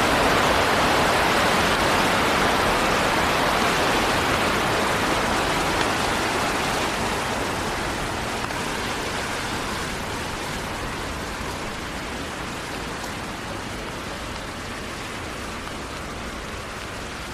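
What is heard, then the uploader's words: Rain falls in a dense, steady hiss with fine pattering grain throughout. The sound is loudest at the start and gradually softens and dulls over the clip, thinning in the upper range toward the end, with no distinct separate events. Long Walk In The Rain Around The Neighborhood.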